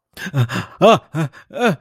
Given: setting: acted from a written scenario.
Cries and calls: vocal sound without words; distress

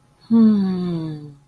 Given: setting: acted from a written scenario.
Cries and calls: vocal sound without words; serenity

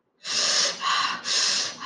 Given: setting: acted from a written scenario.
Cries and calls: vocal sound without words; pain

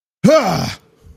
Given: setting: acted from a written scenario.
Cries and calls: vocal sound without words; anger

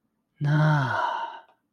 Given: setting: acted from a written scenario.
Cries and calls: vocal sound without words; awe

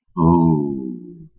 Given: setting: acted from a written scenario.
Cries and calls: vocal sound without words; desire

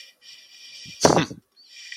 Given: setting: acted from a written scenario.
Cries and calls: vocal sound without words; contempt

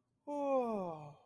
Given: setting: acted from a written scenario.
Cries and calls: vocal sound without words; awe

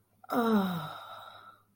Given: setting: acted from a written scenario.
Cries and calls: vocal sound without words; ecstasy

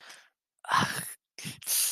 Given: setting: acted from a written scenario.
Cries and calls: vocal sound without words; shame

